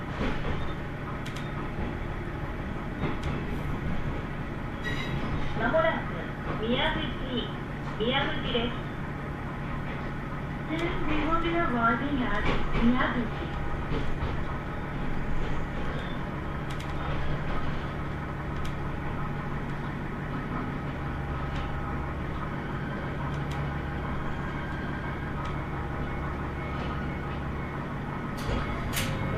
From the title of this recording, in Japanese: 天竜浜名湖鉄道 都田→天竜二俣